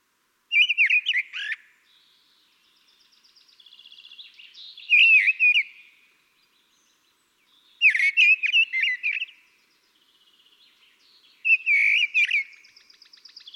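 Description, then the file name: Common blackbird song: four separate fluty phrases, each finished with a thin squeaky twitter, with quiet soft chatter between. "Turdus merula"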